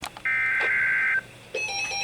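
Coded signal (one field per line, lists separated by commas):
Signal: Emergency Alert System (SAME) tones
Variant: header bursts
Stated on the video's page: Hurricane Warning SAME tones received from NOAA Weather Radio station at Tallahassee, issued by NWS Tallahassee for coastal waters.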